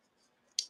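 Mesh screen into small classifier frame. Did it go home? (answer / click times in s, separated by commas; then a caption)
yes / 0.6 s. A mesh screen from a small interchangeable-mesh classifier set for gem hunting and gold panning is pressed into its small classifier frame. After near silence, a single sharp, bright click at 0.6 s rings mostly in the high frequencies and fades within about a tenth of a second. The mesh seats with that click.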